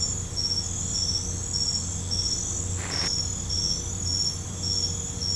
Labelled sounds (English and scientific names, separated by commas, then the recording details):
none
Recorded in pastures near Puerto Asís, Putumayo, Colombia, on 15 December 2024 at 23:00
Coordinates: 0.505, -76.324
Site G063